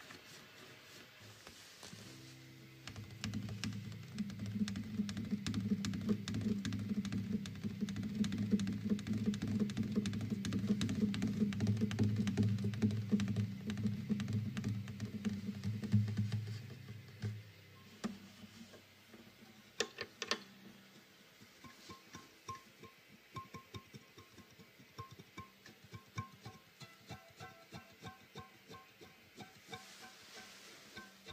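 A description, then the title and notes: A guitar is tapped fast with a steady low droning tone from about 2 to 17 seconds, then sparser clicking taps and light plucked notes. Fast tapping and stringing his guitar.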